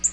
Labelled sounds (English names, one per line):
Black-throated Green Warbler flight call